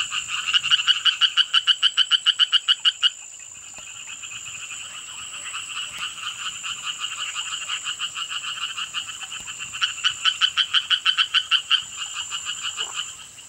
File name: Hyla orientalis